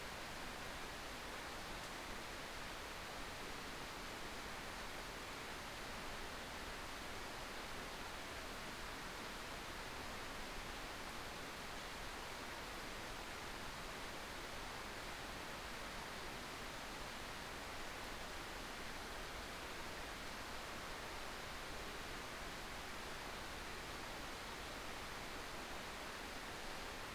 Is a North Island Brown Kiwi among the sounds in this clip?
no